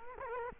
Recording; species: mosquito wingbeat signal from an infrared sensor; Culex quinquefasciatus